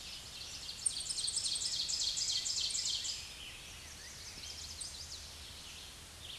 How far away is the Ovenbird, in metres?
about 30 m